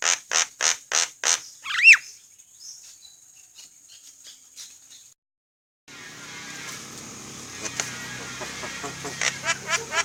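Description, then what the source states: Javan myna song: a run of several harsh notes, then a rising-falling whistle, a few soft notes, a brief silence, and noisy chattering with sharp clicks. Bird singing actively, described as gacor.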